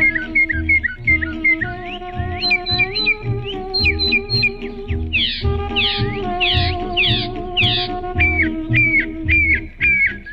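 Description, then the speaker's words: Northern mockingbird song: a varied run of repeated whistled and buzzy phrases, each motif sung several times before switching, with low background rumble throughout. Adds songs throughout life, up to 200; sings day and night, sometimes all night under a full moon; night singing mostly by unmated males; relatively new to the Northeast, expanding northward. "Northern mockingbirds add to their song repertoire all through their lives and may eventually learn up to 200 songs."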